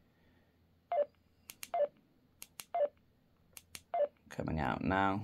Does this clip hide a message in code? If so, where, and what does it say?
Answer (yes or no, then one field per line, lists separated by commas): no